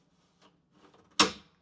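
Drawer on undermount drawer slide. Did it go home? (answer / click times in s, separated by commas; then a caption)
yes / 1.2 s. A wooden drawer rests on an extended undermount drawer slide, and the slide is pushed in after faint rubbing and sliding sounds around 0.4 s and 0.8–1.1 s. At 1.2 s the slide's locking clip engages the drawer with a sharp, loud click that rings briefly. The drawer is seated and locked onto the slide.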